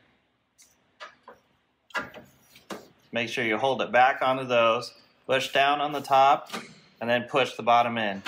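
A chrome headlight trim ring for a 1962 Sprite is held and lined up above the two retaining clips at the top of the headlight bucket, ready to be pushed onto the housing. Someone talks over a few short handling taps and knocks, and nothing has seated or clicked yet.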